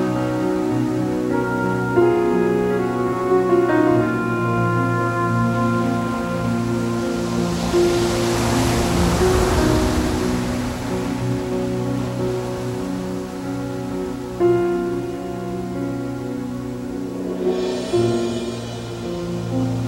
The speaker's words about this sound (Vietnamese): Những đợt sóng khổng lồ nhận chìm cả người lẫn vàng xuống biển sâu.